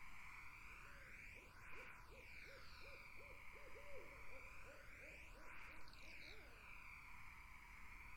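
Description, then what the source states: Barred owl giving a long excited series of bouncing hoots over a constant shrill insect chorus. Summer wetland.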